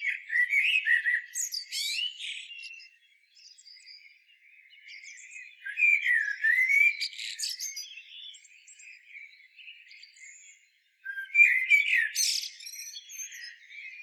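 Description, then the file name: Common blackbird song in three phrases. The rich warbled notes break into squeaky high twitters, and short pauses separate each phrase. "Turdus merula"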